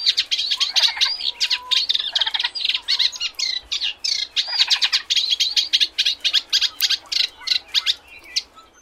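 Eurasian reed warbler song: a continuous chattering stream of harsh, scratchy repeated notes.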